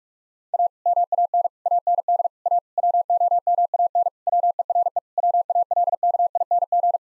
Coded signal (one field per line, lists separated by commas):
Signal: Morse code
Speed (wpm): 45 wpm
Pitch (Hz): 700 Hz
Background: none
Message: A MAN AND A WOMAN WERE WALKING